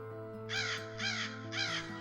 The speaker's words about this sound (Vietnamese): Bỗng trên một ngọn cây gần đó có tiếng quạ ré lên, làm cho Đương giật mình.